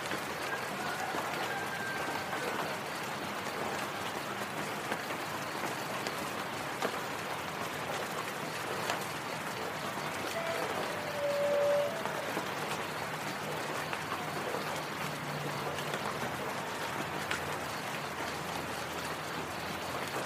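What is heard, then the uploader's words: Raindrops patter steadily and densely throughout, a fine, even crackle with countless tiny hits and no real lulls. A brief high whistling tone sounds near the middle, and a faint low hum drifts in around fifteen seconds. Feel the rhythm of the rain as it taps against the windowpane or dances on the leaves outside.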